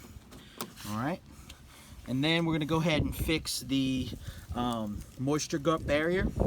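A wiring harness plug is pushed into the socket of a door lock actuator inside the door of a Toyota 4Runner, and it clicks and seats with a sharp snap at 0.6 s. Someone then talks.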